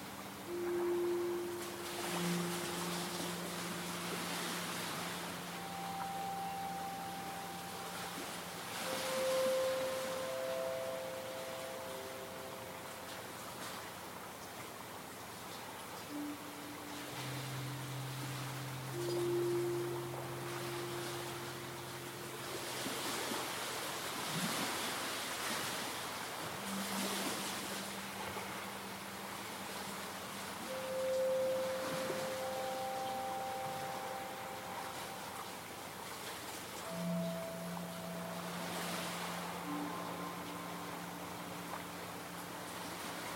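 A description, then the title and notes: Waves lap onto the smooth stones of a Lake Superior shore, a soft steady wash broken by brighter rushes every few seconds. Over it, long low horn-like tones at several pitches sound and overlap throughout, each holding for a few seconds. Waves lap lazily onto the smooth stones of Superior's lakeshore.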